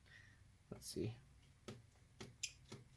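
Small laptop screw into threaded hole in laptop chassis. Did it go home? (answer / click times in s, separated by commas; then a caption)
yes / 2.4 s. A small metal screw on a 15-inch Retina MacBook Pro A1398 (Mid 2015) is turned backwards with a screwdriver until its thread start drops into the threaded hole in the laptop chassis, before being screwed in the rest of the way. Someone talks, and several faint ticks are heard, with the sharpest click at 2.4 s as the thread drops into place and seats.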